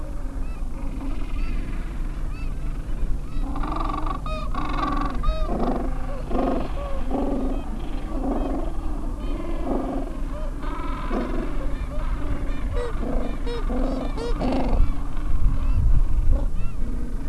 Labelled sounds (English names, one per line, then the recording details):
Gentoo Penguin
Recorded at the colony at Yankee Harbour, Antarctica, on 7 December 2015
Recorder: Song Meter SM2+